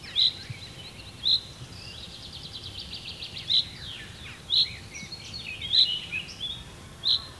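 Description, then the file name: Common chaffinch giving sharp, high single call notes at uneven intervals, while another bird sings a fast trill and other birds chatter behind. "Fringilla coelebs"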